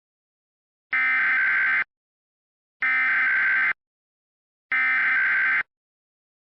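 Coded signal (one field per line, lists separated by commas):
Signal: Emergency Alert System (SAME) tones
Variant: header bursts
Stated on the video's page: Mock EAS scenario, simulated nuclear power plant warning.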